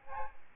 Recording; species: mosquito wingbeat signal from an infrared sensor; Aedes albopictus